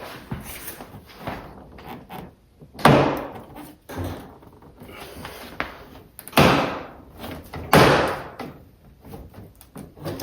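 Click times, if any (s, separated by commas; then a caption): 2.8 s, 6.4 s, 7.7 s. Plastic side skirt clips on an M4 are pressed home into the car's rocker panel, with loud, sharp clicks at 2.9, 6.4 and 7.7 seconds among quieter rustling and handling noise. The clips seat.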